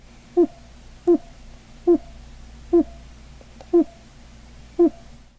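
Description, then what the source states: Treehopper vibration signal: six short tonal notes about a second apart, over a faint low hum. Vibrations sent through the stem of a plant; an insect similar to a cicada that looks like a little leaf.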